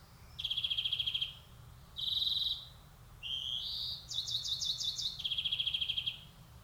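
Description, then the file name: European greenfinch song: a rattling trill, a short trill, rising stepped twitters, then another trill. "Chloris chloris"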